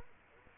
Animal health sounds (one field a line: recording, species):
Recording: mosquito wingbeat signal from an infrared sensor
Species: Culex quinquefasciatus